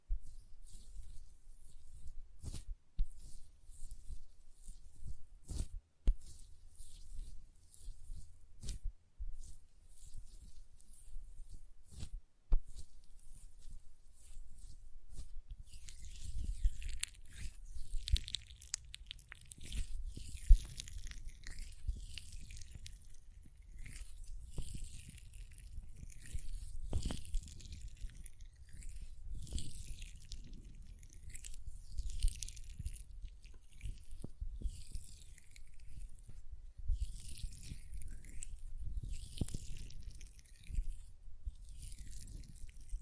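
Hand sounds with sparse sharp nail taps early, then from about fifteen seconds dense, soft crackly rubbing and squishing continues steadily to the end.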